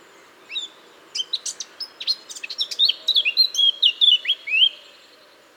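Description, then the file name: Eurasian blackcap song: a scratchy warble of quick chirps building into a run of clearer whistled phrases, then stopping. "Sylvia atricapilla"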